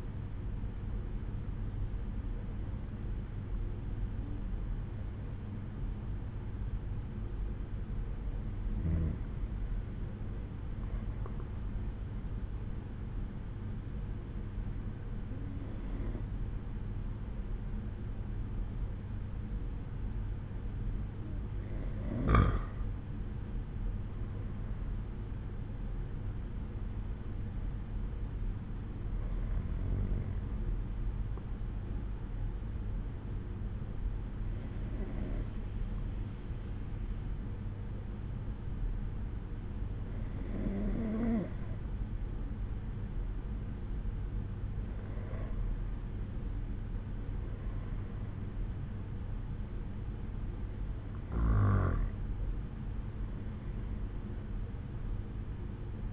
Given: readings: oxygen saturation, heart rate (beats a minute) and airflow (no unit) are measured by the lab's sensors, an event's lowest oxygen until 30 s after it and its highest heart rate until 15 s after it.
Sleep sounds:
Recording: breathing in sleep by a smartphone at the bedside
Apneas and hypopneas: none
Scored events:
none scored
From the record:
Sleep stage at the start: N2 (light sleep)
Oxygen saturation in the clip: 93 to 94%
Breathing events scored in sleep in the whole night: 187 in 7.2 hours asleep

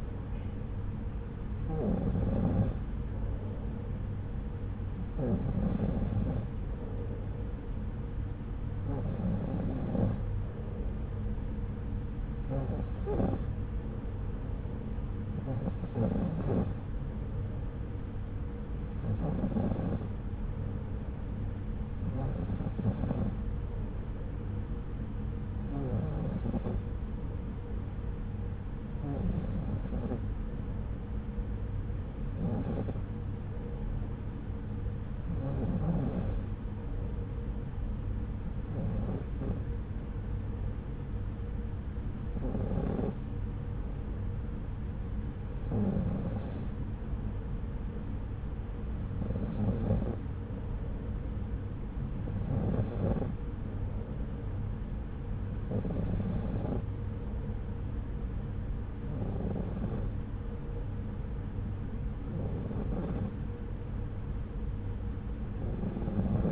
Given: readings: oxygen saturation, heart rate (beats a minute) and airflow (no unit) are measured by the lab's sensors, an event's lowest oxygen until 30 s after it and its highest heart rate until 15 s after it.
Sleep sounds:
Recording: breathing in sleep by a smartphone at the bedside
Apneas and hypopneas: none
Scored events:
none scored
From the record:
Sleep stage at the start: N2 (light sleep)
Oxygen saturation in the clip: 92 to 94%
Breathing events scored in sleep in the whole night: 303 in 8.1 hours asleep

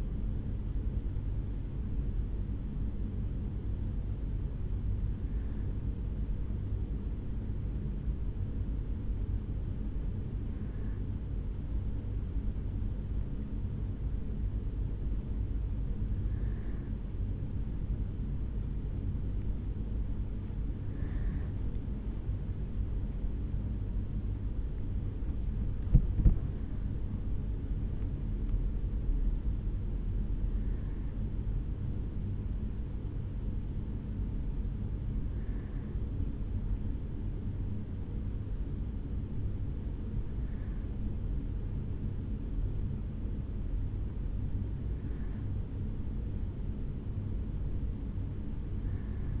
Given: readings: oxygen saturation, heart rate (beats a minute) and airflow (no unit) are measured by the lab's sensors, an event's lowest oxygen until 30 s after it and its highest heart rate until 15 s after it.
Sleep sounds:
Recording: a person awake in a sleep study, by a smartphone at the bedside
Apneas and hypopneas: none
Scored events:
0.00-49.40 s: awake
From the record:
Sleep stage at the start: awake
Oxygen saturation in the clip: 94 to 97%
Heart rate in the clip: 66 to 76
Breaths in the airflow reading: 10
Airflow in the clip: -5.4 to 5.7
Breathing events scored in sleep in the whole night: 449 in 7.0 hours asleep

